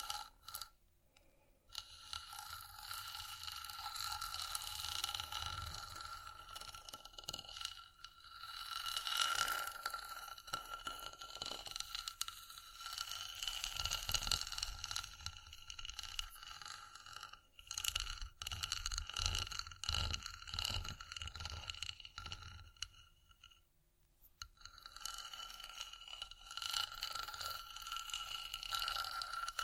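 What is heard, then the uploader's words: Irregular tapping, scraping and scratching on wood and glass, with bright ringing tones, bursts of low rumbling, and near-silent gaps around 1 and 24 seconds. Vinyl,wood,tapping,scratchig,chain,glass,etc.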